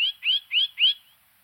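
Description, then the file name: Bird song: four clear, rising whistled notes given quickly one after another, each sliding upward, then silence. "chant oiseau"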